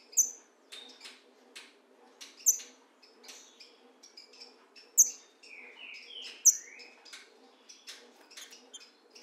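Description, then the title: Green-winged saltator song: a few short slurred whistles, with sharp high notes recurring every couple of seconds amid steady chirping. In the bush, dueling in song with a free-living bird. "Trinca Ferro NICÃ O"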